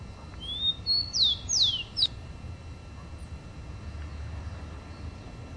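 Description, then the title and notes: Rufous-collared sparrow gives one quick phrase of level whistles and falling slurred notes, followed by several seconds of quiet. "Áudio do pio do tico-tico. WikiAves"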